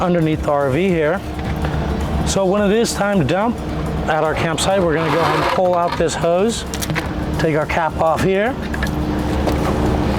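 Someone talks while preparing to connect a sewer hose with a plastic bayonet fitting to the sewer outlet under an RV, pulling out the hose and taking the cap off the outlet. Brief sharp sounds occur at about 1.7 s and 8.8 s. The clip ends before the hose fitting is twisted on, so nothing has seated or locked into place yet.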